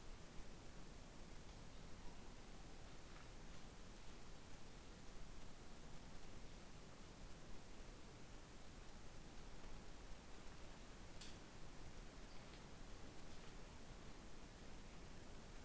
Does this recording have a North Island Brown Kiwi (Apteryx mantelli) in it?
no